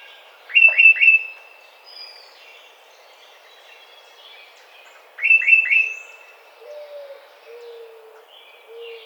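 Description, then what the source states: Tufted titmouse: two bursts of three quick notes a few seconds apart, with faint chips and low whistles from other birds behind. Recorded 30 April 2009.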